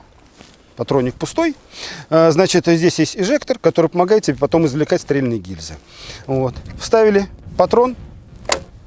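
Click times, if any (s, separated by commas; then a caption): 8.5 s. A 1966 IZh-18 single-barrel 12-gauge break-action shotgun has a cartridge loaded into its chamber, and its barrel is closed onto the receiver while someone talks. At 8.5 s the action locks shut with one sharp metallic click, the barrel latches into the receiver, and the hammer cocks, shown by a red cocking indicator.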